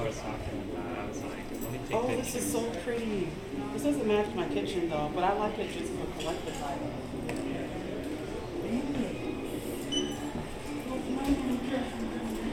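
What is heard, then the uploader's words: A hotel lobby hums with overlapping voices, several people talking at once, with a woman's voice standing out. A steady low rumble runs underneath, and occasional bright clinks and taps break through, one sharper knock near the end. Port Orleans Riverside Binaural Hotel Lobby Ambience. We spend our last few moments from our Walt Disney World trip inside our hotel, Port Orleans Riverside. The lobby, the gift shop and the port side just by the river.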